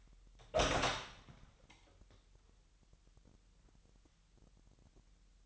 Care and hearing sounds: daily activity, microphone in the room; open door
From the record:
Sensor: 3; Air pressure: 998.3 hPa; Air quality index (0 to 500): 146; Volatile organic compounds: 5 ppm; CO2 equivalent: 1740 ppm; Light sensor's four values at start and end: 15/45/18/17 and 15/45/18/17

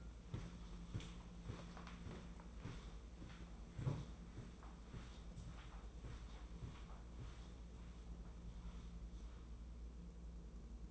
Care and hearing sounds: daily activity, microphone in the room; walk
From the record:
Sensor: 1

